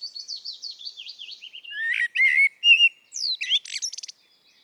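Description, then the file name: Common blackbird song: a run of thin, wavering high notes leading into louder whistled slurs and sharp squeaky twitters that end abruptly. "Turdus merula"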